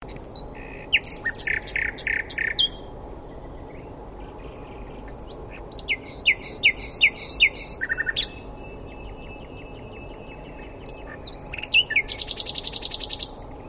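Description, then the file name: Common nightingale phrases alternate: throaty repeated notes, a ringing series of clear pips, a thin sustained whistle, then a dense buzzing trill. "Luscinia megarhynchos"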